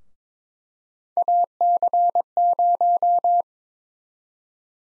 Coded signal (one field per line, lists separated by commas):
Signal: Morse code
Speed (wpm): 22 wpm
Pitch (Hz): 700 Hz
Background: none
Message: AC0